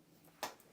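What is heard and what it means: A small plastic quick-release anchor on a PGYTECH camera strap is popped out of its socket after the release buttons on both sides are pressed. A sharp, bright pop at 0.4 s is followed by a fainter tick at 0.6 s, and the anchor comes free of its attachment.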